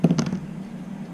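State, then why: Seated. A flat screwdriver presses a metal retainer clip into its groove on a Piscifun Venom 4000 spinning reel. Sharp metallic snaps come at 0.1 s and 0.2 s, followed by a quieter tick and a faint high click near the end. The clip is seated in the groove.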